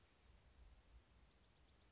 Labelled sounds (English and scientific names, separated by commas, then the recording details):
Blue-gray Gnatcatcher (Polioptila caerulea)
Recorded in Sonoma County, California